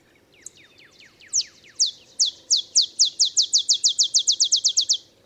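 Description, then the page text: Olive sparrow song of bright descending chips, starting slow and speeding into a rapid trill of many notes, with faint downslurred notes before it. Male olive sparrow; simple songs likened to a field sparrow's bouncing ball song; early morning in Texas, 50 miles north of the Mexican border. "Olive sparrow. Recording early morning just 50 miles north of the Mexican border in Texas"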